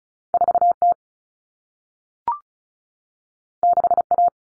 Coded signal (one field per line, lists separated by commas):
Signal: Morse code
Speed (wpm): 36 wpm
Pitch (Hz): 700 Hz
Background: none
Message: 4T 6A